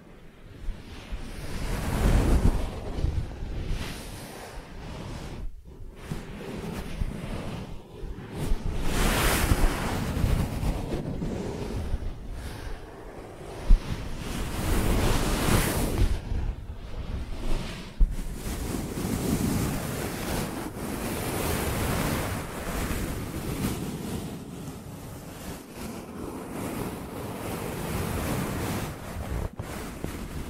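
An ear massage with dense, continuous rubbing and swishing that rises and falls in slow, surf-like swells every few seconds. A soft low rumble runs beneath the brighter hiss, and the sound briefly drops out just before the six-second mark.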